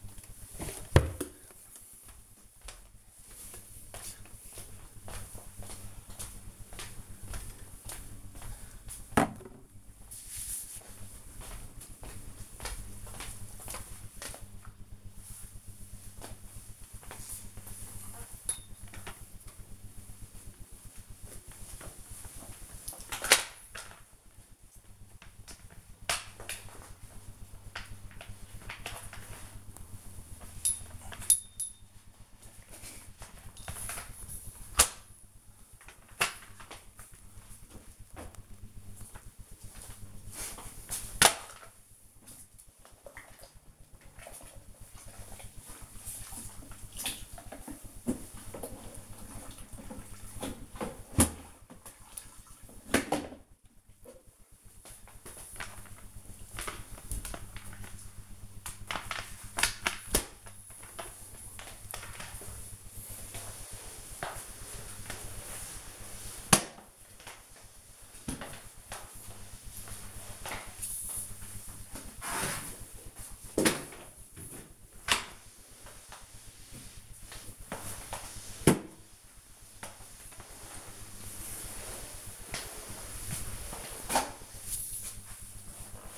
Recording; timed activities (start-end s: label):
household activities, microphone on the right wrist
19.32-86.18 s: floor cleaning